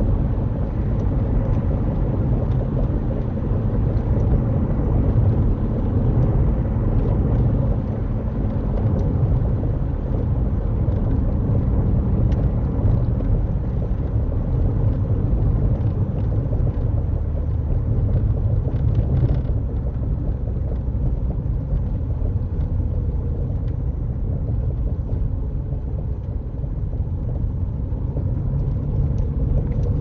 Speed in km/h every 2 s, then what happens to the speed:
81, 79, 81, 79, 76, 71, 66, 60, 53, 45, 44, 39, 37, 35, 42.
0-23 slows to 37.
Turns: none.